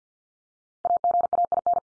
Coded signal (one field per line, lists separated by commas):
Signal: Morse code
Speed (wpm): 50 wpm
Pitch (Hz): 700 Hz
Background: none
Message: AGAIN